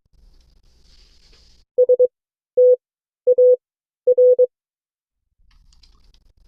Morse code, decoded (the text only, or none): STAR